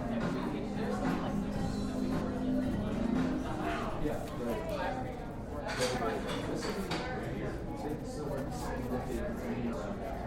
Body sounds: background sound without coughing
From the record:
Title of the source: 60 minutes of coffee shop sounds for study and concentration

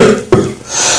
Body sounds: coughing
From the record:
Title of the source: Mid-morning Winter Coughing Fit

